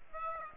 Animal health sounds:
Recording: mosquito wingbeat signal from an infrared sensor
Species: Aedes aegypti

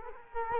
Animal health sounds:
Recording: mosquito wingbeat signal from an infrared sensor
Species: Culex quinquefasciatus

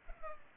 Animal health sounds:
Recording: mosquito wingbeat signal from an infrared sensor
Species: Culex pipiens

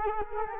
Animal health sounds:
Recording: mosquito wingbeat signal from an infrared sensor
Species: Culex quinquefasciatus

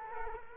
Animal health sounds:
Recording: mosquito wingbeat signal from an infrared sensor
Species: Culex quinquefasciatus

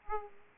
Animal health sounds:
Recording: mosquito wingbeat signal from an infrared sensor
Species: Aedes aegypti

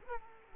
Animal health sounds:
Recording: mosquito wingbeat signal from an infrared sensor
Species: Culex quinquefasciatus

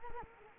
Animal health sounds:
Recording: mosquito wingbeat signal from an infrared sensor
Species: Culex quinquefasciatus

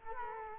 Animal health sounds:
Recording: mosquito wingbeat signal from an infrared sensor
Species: Culex quinquefasciatus

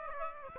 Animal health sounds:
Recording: mosquito wingbeat signal from an infrared sensor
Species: Aedes aegypti

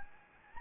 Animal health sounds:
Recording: mosquito wingbeat signal from an infrared sensor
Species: Anopheles gambiae

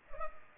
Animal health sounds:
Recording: mosquito wingbeat signal from an infrared sensor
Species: Culex pipiens

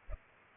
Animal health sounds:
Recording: mosquito wingbeat signal from an infrared sensor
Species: Culex pipiens

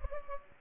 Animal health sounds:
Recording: mosquito wingbeat signal from an infrared sensor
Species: Culex pipiens

